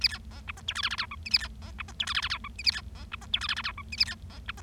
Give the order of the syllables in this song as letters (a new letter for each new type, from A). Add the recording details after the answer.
A B C D E F G H H I J K A B C D E F G H H I J K A B C D E F G H H I J K A B C D E. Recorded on 25 March 2012 at 20:23. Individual gy6or6